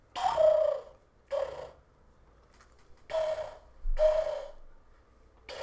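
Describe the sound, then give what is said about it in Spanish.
A man imitates a pigeon's coo with his throat, making four breathy, hollow hoots in an uneven rhythm with short pauses between them, each with a low tonal core. “Y ayer estaba jugando, intentando hacer sonidos de paloma.”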